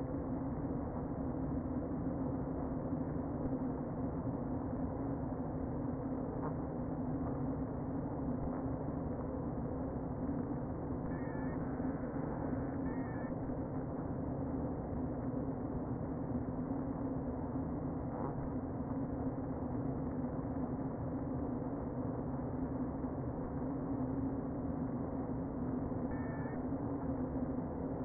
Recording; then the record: honeybee colony, microphone inside the hive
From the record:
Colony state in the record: queen present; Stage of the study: before two queens were removed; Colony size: about 60,000 bees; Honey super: yes